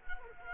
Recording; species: mosquito wingbeat signal from an infrared sensor; Culex quinquefasciatus